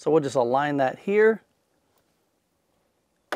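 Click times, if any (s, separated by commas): 3.3 s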